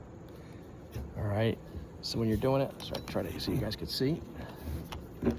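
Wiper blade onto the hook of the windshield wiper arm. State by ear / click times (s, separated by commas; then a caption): seated / 4.9 s. A plastic adapter on a replacement windshield wiper blade for a 2023 Ford Super Duty F-450 is pushed over the hook of the steel wiper arm and pulled until it snaps in, while someone talks. A short, sharp snap is heard at 4.9 s as the blade seats on the arm.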